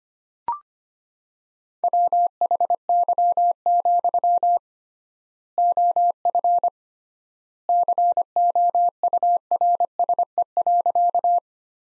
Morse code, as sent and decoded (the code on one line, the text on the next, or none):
.-- .... -.-- --..-- / --- ..-. / -.-. --- ..- .-. ... . .-.-.-
WHY, OF COURSE.